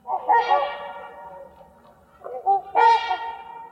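Trumpeter Swan honks, nasal, brassy calls in two bursts, in a quiet background.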